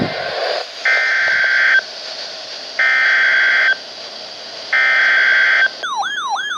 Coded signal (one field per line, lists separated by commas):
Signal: Emergency Alert System (SAME) tones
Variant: header bursts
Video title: Severe Thunderstorm Warnings including Double Header (EAS #1386-1389)